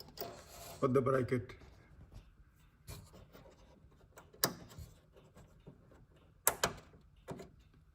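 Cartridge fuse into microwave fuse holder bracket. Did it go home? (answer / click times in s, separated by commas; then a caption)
yes / 4.4 s, 6.5 s. A replacement cartridge fuse is pressed into the metal spring-clip bracket of a microwave fuse holder, first one end and then the other, while someone talks. Sharp clicks are heard at 4.4 s and 6.5 s, one from each side of the bracket. The fuse is seated and sits flush.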